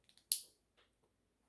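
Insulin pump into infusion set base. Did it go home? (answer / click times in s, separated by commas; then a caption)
yes / 0.3 s. An insulin pump is pressed firmly onto its infusion set base. Two faint ticks come first, then one sharp, loud click at 0.3 s rings out briefly, followed by a soft rustle. The pump is properly engaged on the infusion set.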